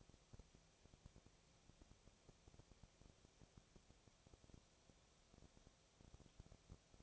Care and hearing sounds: daily activity, microphone in the room; no activity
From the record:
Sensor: 1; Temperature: 19.6 degrees Celsius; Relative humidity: 36.4%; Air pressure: 997.0 hPa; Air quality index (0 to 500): 204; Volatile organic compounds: 127 ppm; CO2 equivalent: 3912 ppm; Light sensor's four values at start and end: 1/2/1/1 and 1/2/1/1

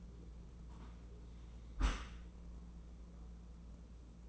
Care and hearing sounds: daily activity, microphone in the room; close dishwasher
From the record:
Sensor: 1

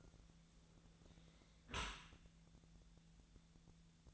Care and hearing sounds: daily activity, microphone in the room; close dishwasher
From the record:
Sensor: 3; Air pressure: 1000.5 hPa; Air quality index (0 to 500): 173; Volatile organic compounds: 3 ppm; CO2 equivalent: 1498 ppm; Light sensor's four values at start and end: 16/41/16/18 and 16/41/16/18

